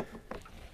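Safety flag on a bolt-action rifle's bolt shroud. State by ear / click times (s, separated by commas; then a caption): seated / 0.3 s. The steel safety flag on the bolt shroud of a Yugo M48 Mauser bolt-action rifle is rotated fully to the right. One short click is heard at 0.3 s as it detents into the lock position. The bolt is now locked in place.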